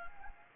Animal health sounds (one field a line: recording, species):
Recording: mosquito wingbeat signal from an infrared sensor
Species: Anopheles arabiensis